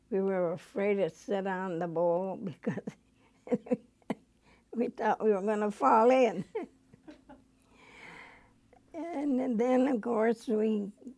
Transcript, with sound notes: We were afraid to sit on the bowl because (she laughs) we thought we were going to fall in. And then, of course, we,